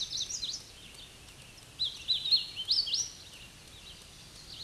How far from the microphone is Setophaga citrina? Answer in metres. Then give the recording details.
about 15 m. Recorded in a Pennsylvania forest on 18 May 2023 at 09:14. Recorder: AudioMoth, point grid1_35_low. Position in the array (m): 171 m, 154 m